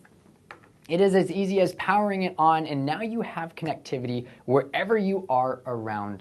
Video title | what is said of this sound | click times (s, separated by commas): EIOTCLUB is Live Now!! – Save Big and Enjoy Connectivity | What you would do is push it until you hear that click, and then you are good to go. | 0.5 s